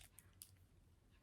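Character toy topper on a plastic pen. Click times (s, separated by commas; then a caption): 0.4 s. A small button is pressed on a £2 Munchlings Marie plastic character pen, and the toy figure topper pops off the pen body. A faint tick at 0.2 s comes before the sharp, short snap of the topper releasing at 0.4 s, over a quiet low background.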